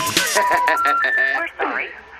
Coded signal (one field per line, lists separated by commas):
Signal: telephone call progress tone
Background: speech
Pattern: special information tone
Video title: DIAL TONE.